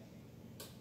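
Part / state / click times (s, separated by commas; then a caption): reedplate screw into harmonica comb thread / seated / 0.6 s. A small screw set in the reedplate of a Swan SW1248 chromatic harmonica is turned counterclockwise with a screwdriver until its thread drops into the thread start in the comb. Over a quiet, low background, a single short, bright click sounds at 0.6 s, marking the thread dropping in. The screw is seated at its thread start, ready to be snugged down.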